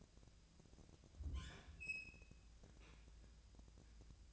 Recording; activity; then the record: daily activity, microphone in the room; open fridge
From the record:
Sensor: 2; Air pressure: 999.9 hPa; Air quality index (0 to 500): 118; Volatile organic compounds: 2 ppm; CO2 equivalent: 1019 ppm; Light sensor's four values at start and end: 33/83/35/40 and 33/83/35/40